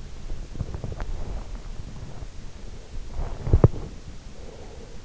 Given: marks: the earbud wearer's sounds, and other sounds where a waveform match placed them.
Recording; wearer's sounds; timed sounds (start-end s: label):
sounds in sleep by an in-ear microphone; body movement, breath
0.53-3.96 s: body movement
3.49-5.04 s: breath